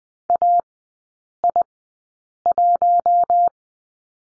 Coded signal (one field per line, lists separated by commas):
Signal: Morse code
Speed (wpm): 20 wpm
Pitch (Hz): 700 Hz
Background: none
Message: AI1